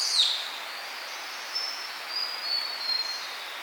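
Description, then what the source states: Sunda cuckooshrike call: a loud, harsh high note right at the start, followed by a few faint, thin whistled notes over soft background hiss. 8 July 2008.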